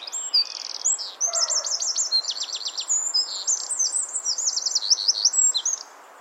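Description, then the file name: Eurasian wren pouring out a loud, high, rapid song of ringing trills and sharp chattering phrases, nearly unbroken for about six seconds before stopping. "Troglodytes troglodytes"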